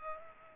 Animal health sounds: mosquito wingbeat signal from an infrared sensor; Culex pipiens

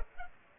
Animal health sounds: mosquito wingbeat signal from an infrared sensor; Culex pipiens

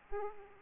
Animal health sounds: mosquito wingbeat signal from an infrared sensor; Aedes aegypti

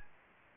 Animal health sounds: mosquito wingbeat signal from an infrared sensor; Anopheles gambiae

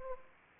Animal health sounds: mosquito wingbeat signal from an infrared sensor; Anopheles arabiensis

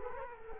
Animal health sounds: mosquito wingbeat signal from an infrared sensor; Culex quinquefasciatus

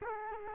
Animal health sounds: mosquito wingbeat signal from an infrared sensor; Culex quinquefasciatus

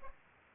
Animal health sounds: mosquito wingbeat signal from an infrared sensor; Aedes aegypti

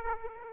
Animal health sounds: mosquito wingbeat signal from an infrared sensor; Aedes aegypti

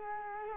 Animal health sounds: mosquito wingbeat signal from an infrared sensor; Culex quinquefasciatus

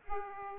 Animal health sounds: mosquito wingbeat signal from an infrared sensor; Aedes aegypti

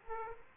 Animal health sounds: mosquito wingbeat signal from an infrared sensor; Aedes aegypti

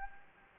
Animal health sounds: mosquito wingbeat signal from an infrared sensor; Anopheles gambiae

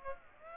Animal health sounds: mosquito wingbeat signal from an infrared sensor; Aedes aegypti

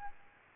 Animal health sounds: mosquito wingbeat signal from an infrared sensor; Aedes albopictus

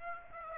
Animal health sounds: mosquito wingbeat signal from an infrared sensor; Aedes aegypti

